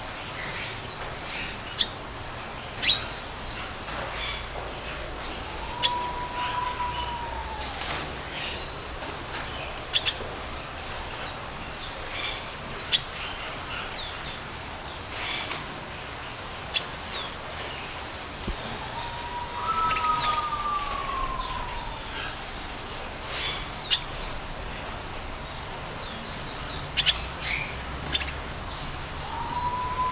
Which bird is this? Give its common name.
Red Siskin